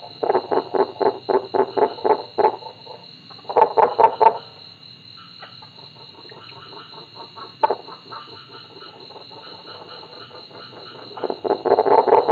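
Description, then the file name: Kuhl's creek frog calling: a rapid series of short notes, then a brief group, a long quiet stretch broken by a single note, and a new series starting at the end. "Rana kuhlii"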